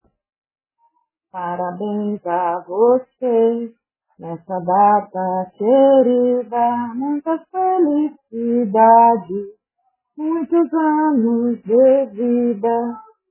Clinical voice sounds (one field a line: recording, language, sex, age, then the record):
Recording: short text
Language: Brazilian Portuguese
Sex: female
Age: 40 to 49 years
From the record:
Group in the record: control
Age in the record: 43 years